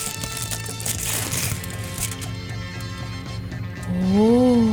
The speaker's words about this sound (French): Bon, donc on ouvre le carton dans le micro magique. Ça sauve vraiment bien. Ça mais là, il y a du papier d'aluminium. D'aluminium.